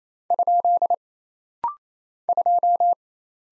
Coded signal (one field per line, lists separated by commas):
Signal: Morse code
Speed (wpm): 27 wpm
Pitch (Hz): 700 Hz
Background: none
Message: ? 2